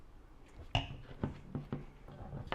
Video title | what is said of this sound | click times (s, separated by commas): ADAPT LAB SC300/Supra MSD Ignition Mounting Kit | make sure it clicks | 0.8 s